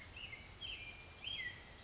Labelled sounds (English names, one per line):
Western Flycatcher